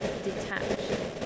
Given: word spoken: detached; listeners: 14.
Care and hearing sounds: one English word in noise, from a listening test; noise modulated by three-talker babble; -6.1 dB; 6 of 14; 8 of 14; 0.86 s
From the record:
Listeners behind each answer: 8, 6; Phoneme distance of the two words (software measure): 7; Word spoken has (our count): 2 syllables, 6 phonemes, stress on syllable 2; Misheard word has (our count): 2 syllables, 5 phonemes, stress on syllable 2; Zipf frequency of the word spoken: 4.18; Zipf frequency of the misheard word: 2.73

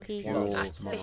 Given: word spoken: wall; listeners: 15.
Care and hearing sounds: one English word in noise, from a listening test; four-talker babble; -0.2 dB; 0 of 15; 6 of 15; 0.63 s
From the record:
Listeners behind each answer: 6, 2, 2, 1, 1, 1, 1, 1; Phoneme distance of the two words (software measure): 7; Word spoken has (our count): 1 syllable, 3 phonemes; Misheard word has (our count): 1 syllable, 2 phonemes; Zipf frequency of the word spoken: 5.05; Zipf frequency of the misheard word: 5.34

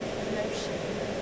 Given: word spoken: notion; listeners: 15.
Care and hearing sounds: one English word in noise, from a listening test; speech-shaped noise; -5.8 dB; 3 of 15; 6 of 15; 0.83 s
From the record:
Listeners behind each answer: 6, 5, 3, 1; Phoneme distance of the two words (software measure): 10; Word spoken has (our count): 2 syllables, 4 phonemes, stress on syllable 1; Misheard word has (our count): 2 syllables, 4 phonemes, stress on syllable 1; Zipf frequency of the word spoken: 3.93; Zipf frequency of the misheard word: 4.33

